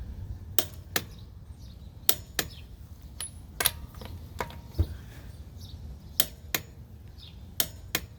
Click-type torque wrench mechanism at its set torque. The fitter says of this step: See? Doesn't really move that much, just a hair, but you hear that click.